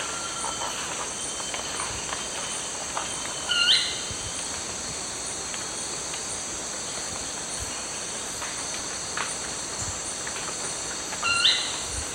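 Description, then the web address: Brownish twistwing gives two brief sharp call notes about eight seconds apart against a loud continuous buzz of insects. Recorded in the eastern lowlands of South America. "Natures Songs S America Eastern Lowlands. Brownish Twistwing"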